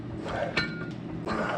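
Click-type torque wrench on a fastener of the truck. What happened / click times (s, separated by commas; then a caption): The torque wrench clicked at its setting / 0.6 s. A hand-held click-type torque wrench tightens a fastener on a 1988 Chevrolet Suburban. A sharp metallic click at 0.6 s shows the wrench reaching its set torque, followed by faint clinking and a second burst of noise near 1.3 s.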